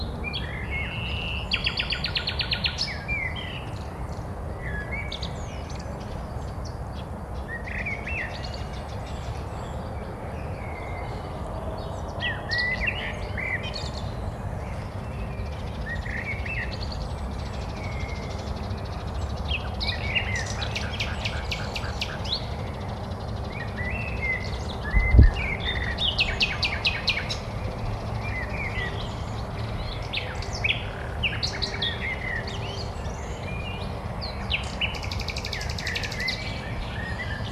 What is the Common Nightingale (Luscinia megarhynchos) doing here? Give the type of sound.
song